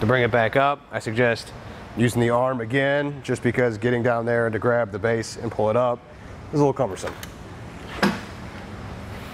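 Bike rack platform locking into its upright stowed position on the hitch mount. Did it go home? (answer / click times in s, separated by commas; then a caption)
yes / 8.0 s. Someone talks while raising the folding platform of a Kuat Piston Pro X 2-bike hitch-mount rack with its arm, which is easier than reaching down to pull up the base. A sharp latch click at 8.0 s shows the platform locking into its upright stowed position.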